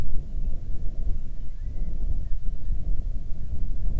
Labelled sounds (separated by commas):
loon, wind